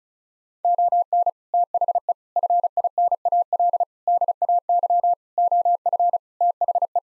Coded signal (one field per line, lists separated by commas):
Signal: Morse code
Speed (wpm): 36 wpm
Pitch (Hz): 700 Hz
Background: none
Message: ON THE FINAL DAY OF THE